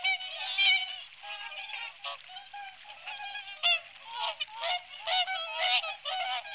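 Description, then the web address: Whooper swan calls: repeated trumpeting, nasal honks in an irregular chorus. "cygnus cygnus"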